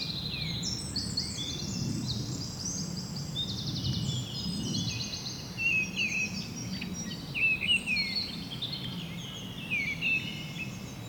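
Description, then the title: Birds chirping and twittering, many overlapping high buzzy trills and short whistled notes throughout, steady low background rumble. Birds ambience recorded at Seneffe, Belgium, with Sony PCM-D100 internal microphones. "Rue du Rossignol 7, 7180 Seneffe, Belgique - Birds ambience"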